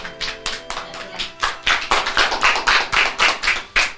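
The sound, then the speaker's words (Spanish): A small group applauds a fellow participant after she reads a poem by Graciela Cross, with steady, rhythmic clapping, roughly three sharp claps per second, starting lighter and growing fuller and louder, with no voices. “A ver, un aplauso a la compañera.”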